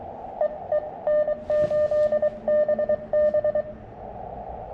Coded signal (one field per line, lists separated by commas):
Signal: Morse code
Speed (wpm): 21 wpm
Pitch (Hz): 590 Hz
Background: none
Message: EE N8BB